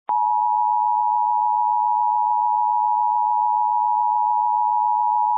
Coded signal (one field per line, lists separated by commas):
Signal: Emergency Alert System (SAME) tones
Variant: 853 and 960 Hz attention tone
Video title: EAS Recreation (05/24/22): Severe Thunderstorm in Laredo